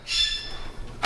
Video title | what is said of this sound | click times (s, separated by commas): Lian Li V 3000 PC Build Part 2 | There you go. So you see it, and this clip goes in up, and now it's in. | 1.0 s